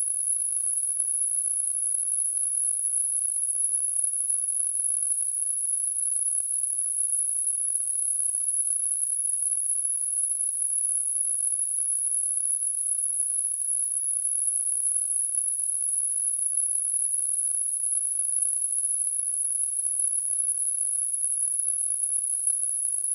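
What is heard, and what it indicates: Simulated tinnitus: a steady, continuous high-pitched tone near 10 kHz with a faint high-frequency hiss around it, unchanging throughout.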